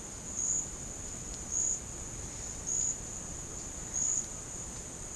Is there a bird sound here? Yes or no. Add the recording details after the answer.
no. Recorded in dense forest near Puerto Asís, Putumayo, Colombia, on 22 June 2025 at 12:30. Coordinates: 0.486, -76.317. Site G065